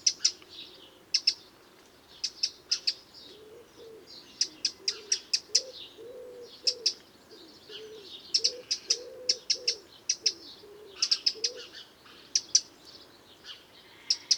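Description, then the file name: Eurasian wren giving bursts of hard, high ticking notes, while a low cooing bird repeats soft notes in the background midway. "Troglodytes troglodytes"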